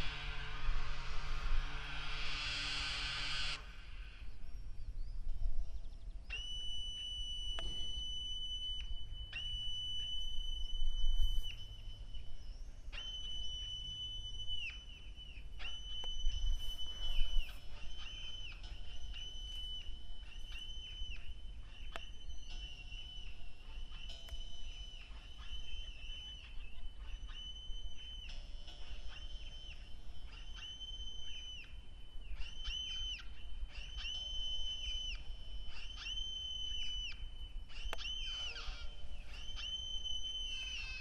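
A sound walk through a sound installation in a historic saltworks. After a loud rushing burst in the first few seconds, a thin, bright electronic tone sounds repeatedly, switching on and off in irregular stretches, over a low hum with occasional soft knocks.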